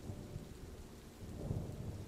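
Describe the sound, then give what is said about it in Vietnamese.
Heavy rain pours down in a steady, dense hiss outside a thatched-leaf house while low thunder rumbles and swells underneath, growing stronger toward the end. No voices are heard. “Bên ngoài căn nhà lá lúc này mưa như trút nước,”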